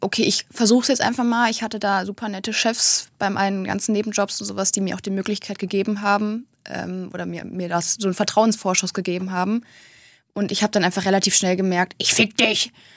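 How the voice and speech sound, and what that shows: Fluent German speech from a 25-year-old woman, a medical student diagnosed with Tourette syndrome at 21, broken by an abrupt, out-of-context obscenity: an involuntary coprolalic vocal tic. She has both motor and vocal tics, which can include insults, and tries to suppress them.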